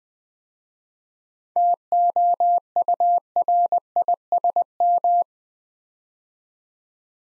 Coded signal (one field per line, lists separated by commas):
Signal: Morse code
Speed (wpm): 20 wpm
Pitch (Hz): 700 Hz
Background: none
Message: TOURISM